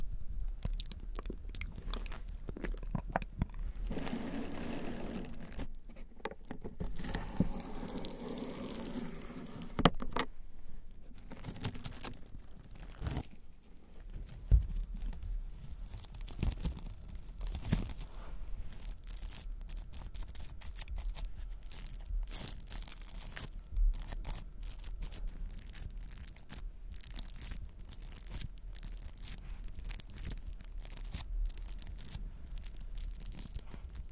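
Mouth sounds with some hand noises and honey: wet, sticky clicks, smacks and crackles keep coming in quick, irregular bursts throughout. A softer, smeared stretch around four to nine seconds suggests rubbing or sticky handling, and sharper pops stand out near ten and fifteen seconds.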